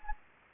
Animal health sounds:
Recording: mosquito wingbeat signal from an infrared sensor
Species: Anopheles gambiae

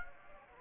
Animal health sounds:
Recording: mosquito wingbeat signal from an infrared sensor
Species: Anopheles gambiae

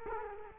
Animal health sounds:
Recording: mosquito wingbeat signal from an infrared sensor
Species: Culex quinquefasciatus

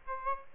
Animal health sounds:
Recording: mosquito wingbeat signal from an infrared sensor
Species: Aedes aegypti

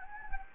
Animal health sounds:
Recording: mosquito wingbeat signal from an infrared sensor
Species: Anopheles gambiae

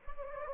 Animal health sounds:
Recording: mosquito wingbeat signal from an infrared sensor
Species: Anopheles gambiae

